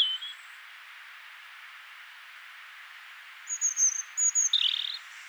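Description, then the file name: European robin song: a faint thin note at the start, then after a pause a phrase of very high drawn-out whistles ending in a lower, rougher note; hiss in background. "Erithacus rubecula"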